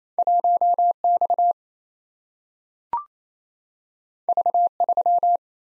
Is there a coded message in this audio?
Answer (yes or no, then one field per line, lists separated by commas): yes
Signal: Morse code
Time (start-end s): 0.2-5.4 s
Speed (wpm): 27 wpm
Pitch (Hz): 700 Hz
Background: none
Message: 1X V3